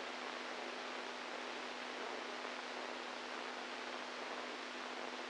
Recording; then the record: brain microelectrode recording played as sound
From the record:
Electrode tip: inside the subthalamic nucleus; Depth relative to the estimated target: 1 mm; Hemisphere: right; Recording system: NeuroSet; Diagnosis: Parkinson's disease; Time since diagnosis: 10 years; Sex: male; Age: 65 years